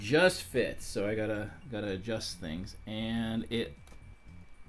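A LEGO building section with sliders on both sides is being adjusted into a tower model while someone talks throughout. Nothing has seated or clicked yet; the section is still being handled and has not locked into place.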